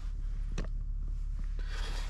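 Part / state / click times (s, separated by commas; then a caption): smart key remote into dashboard key slot / not seated / none. A plastic smart key remote for a 2010 Land Rover Freelander is pushed into the dashboard key slot while a spare key is being programmed with an Xhorse Key Tool MIDI. Over a steady low hum there are short plastic knocks at about 0.6 s and a fainter one at 1.4 s. The key does not latch and has not been drawn fully into the slot, so nothing has clicked into place yet.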